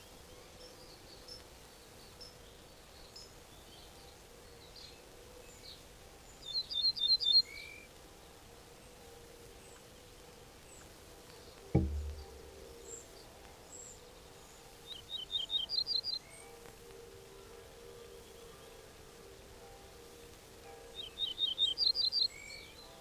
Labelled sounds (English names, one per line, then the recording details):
Ortolan Bunting
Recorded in the wild
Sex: diverse
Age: adult
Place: Schloß Holte-Stukenbrock, Senne, Nordrhein-Westfalen, DE
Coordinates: 51.8717, 8.66361
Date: 1968-05-26
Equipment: Uher 4000 Report-S, Bändchenmikro Beyer M 260, Parabolspiegel Polyester (470 mm)
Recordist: Conrads, Klaus
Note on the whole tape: Zwischen Hof Dirks und Hof Hachmann (Furlbach-Gebiet). Beginn der Nestlingszeit. Männchen: Gesang zwischen Fütterungen (zwei verschiedene Strophen); dann Partnerrufe